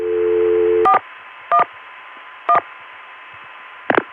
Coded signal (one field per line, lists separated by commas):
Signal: DTMF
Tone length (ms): 80 ms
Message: 411